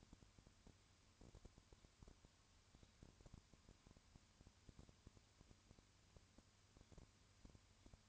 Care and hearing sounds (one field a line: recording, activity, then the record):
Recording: daily activity, microphone in the room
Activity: no activity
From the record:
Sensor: 2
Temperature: 20.3 degrees Celsius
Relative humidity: 35.5%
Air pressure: 1000.9 hPa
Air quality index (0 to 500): 196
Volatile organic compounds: 5 ppm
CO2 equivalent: 1728 ppm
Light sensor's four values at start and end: 2/3/2/2 and 2/3/2/2